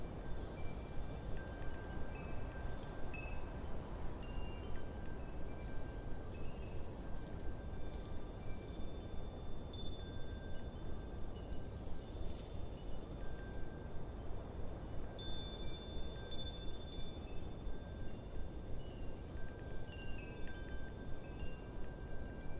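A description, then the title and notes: Wind chimes ring on and off through a steady, low rush of wind. Bright, clear tones strike every second or two, some lingering as sustained ringing, with a few denser clusters of strikes around the middle and toward the end. Autumn Wind Chimes. Then, we leave you with the sounds of wind chimes in an autumn wind.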